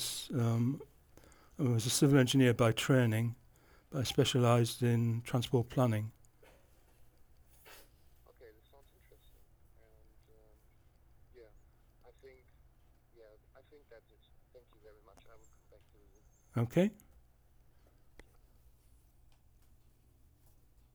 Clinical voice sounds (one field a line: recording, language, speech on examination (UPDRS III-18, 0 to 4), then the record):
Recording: conversation on a phone call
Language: English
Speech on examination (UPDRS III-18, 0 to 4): 1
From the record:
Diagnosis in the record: Parkinson's disease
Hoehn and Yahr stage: 3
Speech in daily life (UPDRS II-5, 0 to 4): 0